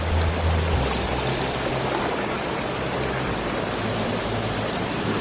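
A steady, unbroken rushing hiss, like the ocean heard inside a seashell held to the ear, played as Radio Forte's 'radio seashell' for listeners holding their radio to the ear, keeps an even loudness throughout with a faint low hum beneath it and no voices.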